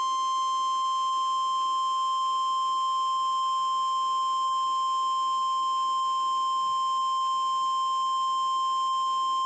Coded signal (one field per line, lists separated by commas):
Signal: Emergency Alert System (SAME) tones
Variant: 1050 Hz attention tone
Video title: EAS #274 - Severe Thunderstorm Warning (Live Stream) 4-27-2014